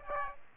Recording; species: mosquito wingbeat signal from an infrared sensor; Aedes aegypti